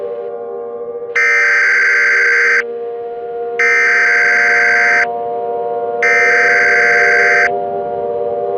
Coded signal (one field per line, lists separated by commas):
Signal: Emergency Alert System (SAME) tones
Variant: header bursts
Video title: (EAS Scenario) It's Just a Prank Bro! 2: 5 Years Later...